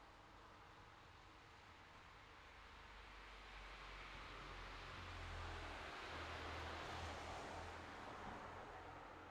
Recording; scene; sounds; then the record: everyday scene through a hearing-aid microphone; in traffic; traffic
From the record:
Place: city secondary road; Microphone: in the ear canal, left